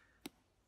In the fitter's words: it's actually locks in place and